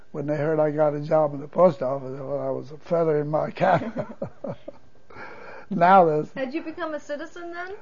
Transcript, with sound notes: when they heard I got a job in the post office, it was a feather in my cap. ( he laughs ) Now there's...
Had you become a citizen then?